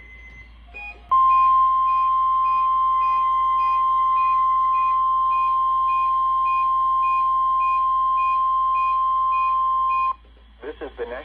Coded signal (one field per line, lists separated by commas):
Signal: Emergency Alert System (SAME) tones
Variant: 1050 Hz attention tone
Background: speech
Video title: Required Weekly Test (EAS #1102)